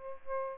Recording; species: mosquito wingbeat signal from an infrared sensor; Aedes albopictus